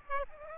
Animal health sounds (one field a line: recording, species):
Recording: mosquito wingbeat signal from an infrared sensor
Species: Aedes aegypti